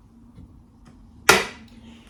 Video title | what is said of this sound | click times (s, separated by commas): Car vlog🌺car boot sale🌺Amzchef cold press juicer (ad/gifted)🌺Home Bargains🌺and new phone problems | and it clicks in place now if that's not clicked in it won't work it's a safety feature | 1.3 s